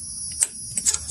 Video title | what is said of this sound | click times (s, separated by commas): Chevy Fuel Filter Replacement - MOST CHEVY MODELS - Chevrolet Blazer, s10, silverado, impala & more | and you heard the click and we are in there | 0.4 s